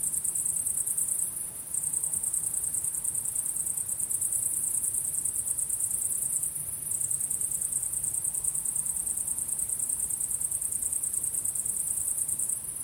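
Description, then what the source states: Shrill, rapidly pulsed cricket chirps fill the track, with brief breaks near one and a half, six and a half and twelve and a half seconds. Crickets chirping at sunset.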